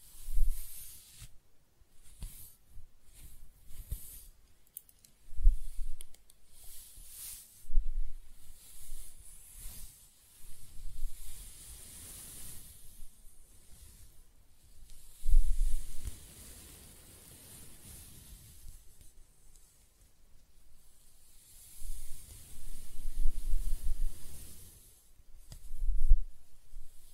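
Hair being scratched, brushed and stroked in irregular bursts of soft, airy hiss with occasional dull low thumps. Strokes come every second or two, some longer sweeping passes around 15–17 and 22–26 seconds, separated by brief near-silent pauses.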